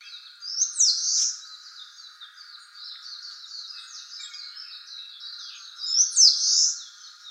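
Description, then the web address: Eastern crowned warbler song: a loud, high, slurred phrase that comes back about five seconds later, over a dense, continuous high twittering and a low steady hum. "birdenaga sendaimusikui"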